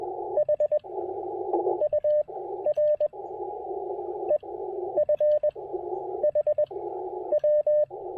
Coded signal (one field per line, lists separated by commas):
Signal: Morse code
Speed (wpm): 21 wpm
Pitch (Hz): 590 Hz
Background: radio noise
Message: HUR EFHW